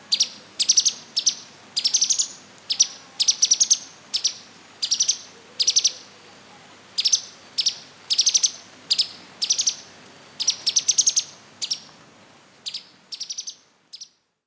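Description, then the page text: Streaked spiderhunter giving sharp, high chattering chips in quick bursts of two to four notes, repeated about every half second over a quiet background. "Ding Li Yong - Пестрогрудая нектарница-пауколовка (Arachnothera magna)"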